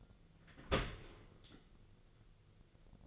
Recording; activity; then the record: daily activity, microphone in the room; open dishwasher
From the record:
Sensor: 4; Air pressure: 1001.3 hPa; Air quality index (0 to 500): 181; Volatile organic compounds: 2 ppm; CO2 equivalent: 1294 ppm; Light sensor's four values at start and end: 12/27/11/12 and 12/28/11/12